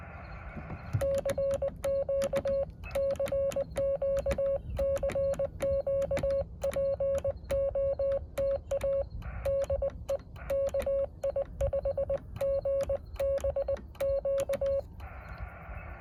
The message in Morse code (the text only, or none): CQ CQ CQ POTA DE KI5GBQ